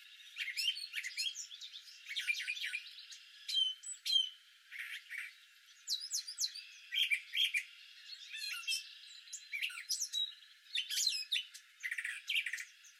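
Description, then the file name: Brown thrasher singing a long run of varied chirps, whistles and harsh notes, phrases in quick succession with brief pauses between them. Recorded 17 April 2019. "BRTH-song 4-17-19"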